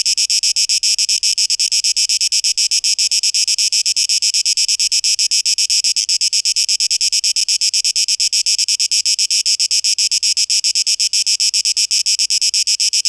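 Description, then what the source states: Cicadas producing a continuous high, sizzling buzz that beats quickly and evenly across the whole recording. Cicadas recorded on 12 August 2023.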